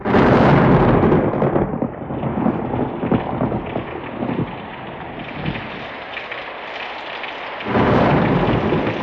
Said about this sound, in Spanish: La noche fue tormentosa. La lluvia ofrecía un curioso sonido al chocar violentamente con la gruesa barandilla del balcón de mi nuevo cuarto.